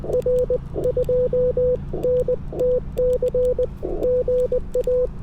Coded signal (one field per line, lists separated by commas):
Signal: Morse code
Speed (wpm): 20 wpm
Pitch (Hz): 500 Hz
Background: radio noise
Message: R 2NTC GA